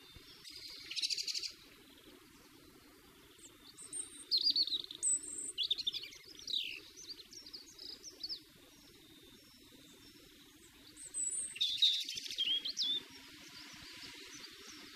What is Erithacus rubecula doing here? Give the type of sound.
song